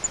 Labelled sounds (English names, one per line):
Grace's Warbler flight call